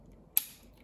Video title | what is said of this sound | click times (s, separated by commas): Initial Setup Grandstream GXP2135 | Hear the firm click. | 0.4 s